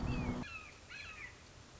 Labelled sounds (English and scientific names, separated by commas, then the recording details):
Red-shouldered Hawk (Buteo lineatus)
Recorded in Sonoma County, California